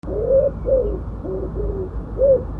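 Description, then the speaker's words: Common wood pigeon cooing: several soft low coos in a rhythmic phrase, the last one after a short pause. "Ça, c'est le pigeon ramier qui roucoule tous les matins sous ma fenêtre, si possible quand je dors encore."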